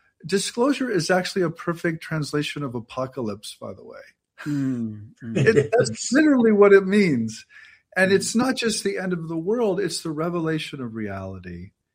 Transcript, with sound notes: disclosure is actually a perfect translation of apocalypse, by the way.
(laughs)
Mm-hmm.
That's literally what it means, and it's not just the end of the world, it's the revelation of reality.